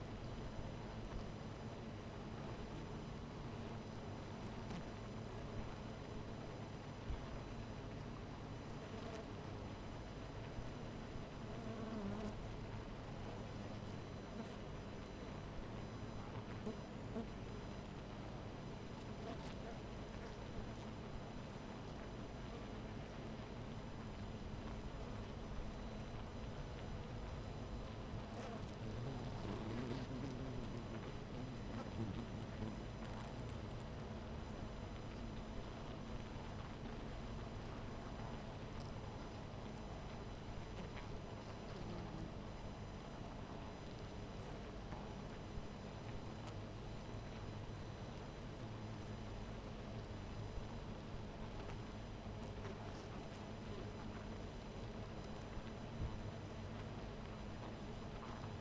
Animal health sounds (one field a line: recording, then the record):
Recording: honeybee colony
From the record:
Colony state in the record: missing queen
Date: 14 July 2017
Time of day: 12:08